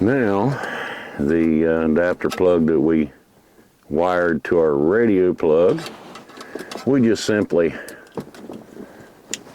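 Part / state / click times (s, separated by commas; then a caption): wiring harness adapter plug into the factory radio connector / seated / 9.3 s. Someone talks while a stereo wiring harness adapter plug, previously wired to the radio plug, is pushed into the factory radio plug behind the dash of a 1999 to 2004 Jeep Grand Cherokee during an aftermarket stereo install. Small handling knocks follow, then one sharp, loud snap at 9.3 s as the adapter plug seats in the vehicle connector so it will not come out.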